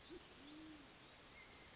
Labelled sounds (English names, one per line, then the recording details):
Band-tailed Pigeon
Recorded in Sonoma County, California